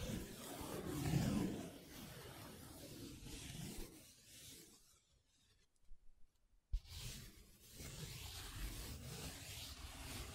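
Paper being rubbed and scratched in steady rough strokes, strongest early, pausing near silence around five to six seconds, then resuming evenly.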